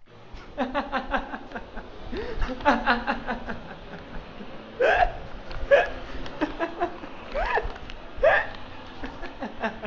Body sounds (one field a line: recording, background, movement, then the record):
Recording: laughter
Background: traffic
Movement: walking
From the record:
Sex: male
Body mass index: 21.0 kg/m2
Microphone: on the chest, facing outward